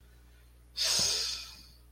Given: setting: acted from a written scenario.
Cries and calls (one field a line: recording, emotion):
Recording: vocal sound without words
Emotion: ecstasy